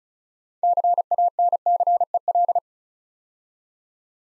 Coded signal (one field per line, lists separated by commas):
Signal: Morse code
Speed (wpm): 36 wpm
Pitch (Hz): 700 Hz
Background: none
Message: CANCEL